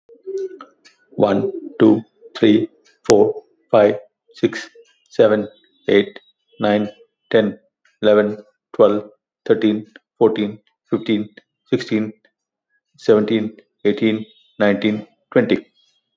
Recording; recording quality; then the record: counting at a normal pace; excellent, no background noise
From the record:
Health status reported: healthy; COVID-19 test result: not tested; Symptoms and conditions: diabetes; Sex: male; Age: 60 years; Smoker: not ticked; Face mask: not worn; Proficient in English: yes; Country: India